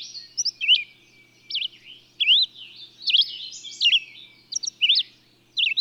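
Bird singing high, rising and falling whistled notes in irregular bursts, with thin twittering and a soft hum in the background.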